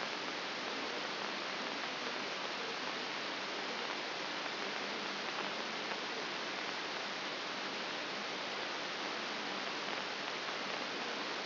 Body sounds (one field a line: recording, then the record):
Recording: brain microelectrode recording played as sound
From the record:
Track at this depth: inside the subthalamic nucleus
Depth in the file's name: 3.502 mm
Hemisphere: left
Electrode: 3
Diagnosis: Parkinson's disease